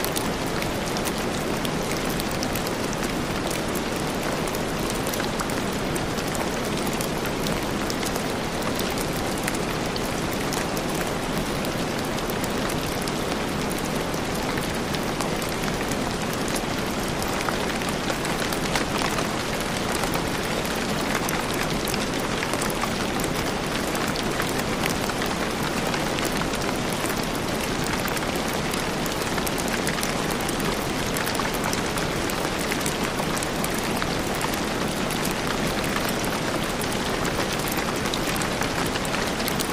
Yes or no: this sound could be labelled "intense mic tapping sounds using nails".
no